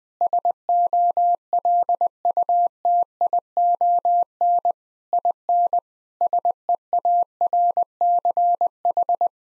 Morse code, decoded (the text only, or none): SOLUTION IN SEARCH